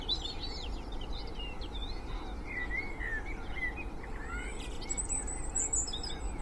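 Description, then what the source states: Bird: dawn chorus of many birds, warbled and whistled phrases overlapping, a high thin song near the end, over steady low traffic rumble. Spring dawn chorus recorded in Cheshire, UK, with distant traffic noise.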